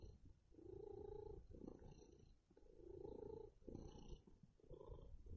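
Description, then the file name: Cat purring: a low, rumbling purr swelling and fading in steady breathing cycles. Male cat (tomcat) purring. "kater blacky schnurren"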